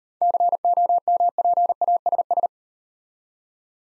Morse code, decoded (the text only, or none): COMPASS